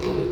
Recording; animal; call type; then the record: contact call of a hoofed animal; pig; closed-mouth grunt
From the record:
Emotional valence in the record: positive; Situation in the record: food and toys in familiar pen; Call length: 0.32 s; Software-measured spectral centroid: 1730 Hz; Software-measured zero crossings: 1040 a second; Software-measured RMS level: -24 dBFS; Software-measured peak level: -13 dBFS